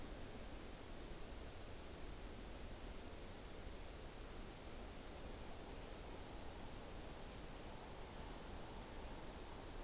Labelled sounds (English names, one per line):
Morepork rororo call